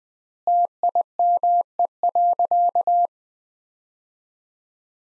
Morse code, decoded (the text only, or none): TIME.